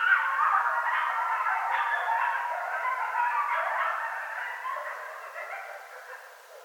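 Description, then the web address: Coyotes in a chorus of overlapping howls and yips that slowly fades toward the end. Several coyotes, recorded on 3 February 2013. "Coyote 2013 02 03 Coyotes"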